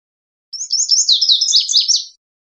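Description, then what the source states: Lazuli bunting song: a quick, clean phrase of high, scratchy paired chirps and slurred notes lasting under two seconds, with nothing else audible. Recorded 23 June 2001.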